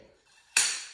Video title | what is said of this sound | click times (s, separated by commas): How to build an office swivel chair | clicked in one more all right | 0.6 s